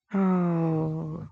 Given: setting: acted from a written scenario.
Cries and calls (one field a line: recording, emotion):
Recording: vocal sound without words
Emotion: guilt